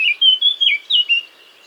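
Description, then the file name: Eurasian blackcap song, a short series of clear whistled notes, some steady and some dipping, lasting about a second. "Sylvia atricapilla"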